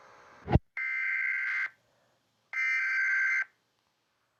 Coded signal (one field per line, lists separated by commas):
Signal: Emergency Alert System (SAME) tones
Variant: header bursts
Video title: EAS Scenario #4 Robert The Shark Error Part 1 Without Sirens)